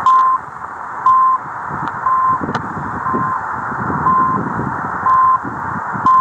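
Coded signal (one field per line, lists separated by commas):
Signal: radio time signal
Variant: CHU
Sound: short 1 kHz beeps once a second, one second skipped, under hissy shortwave static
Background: radio static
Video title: Chu Canada, ,3330 KHz, a 4057 Kms callada en Casco Viejo, Panamá City.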